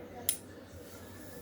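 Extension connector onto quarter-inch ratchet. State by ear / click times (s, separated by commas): seated / 0.3 s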